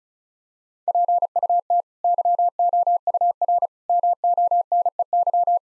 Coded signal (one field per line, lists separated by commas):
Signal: Morse code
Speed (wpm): 36 wpm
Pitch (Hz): 700 Hz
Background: none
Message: PUT YOUR MONEY